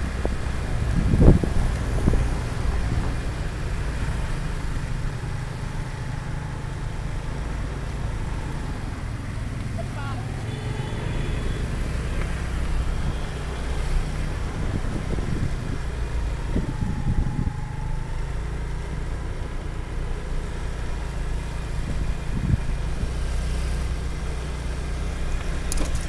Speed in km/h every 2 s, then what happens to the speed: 16, 13, 9, 9, 2, 2, 10, 14, 9, 9, 10, 11, 13.
0-8 slows to 2. 8-10 standing. 10-13 pulls away to 14. 13-26 steady at about 10.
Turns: 15-19.